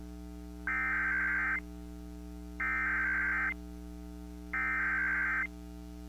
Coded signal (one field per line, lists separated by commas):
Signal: Emergency Alert System (SAME) tones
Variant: header bursts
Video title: EAS Child Abduction Emergency (AMBER Alert) Big Horn County, Montana Statewide Alert